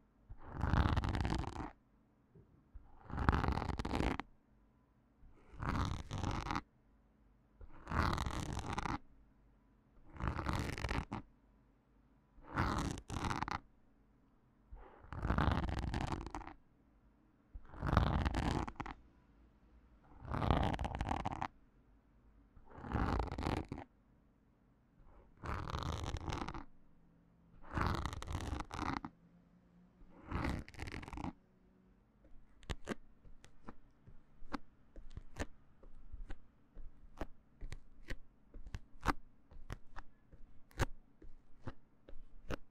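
A needle is pulled from the microphone in regular scraping bursts about every two seconds, then quick sharp ticks and clicks after thirty seconds.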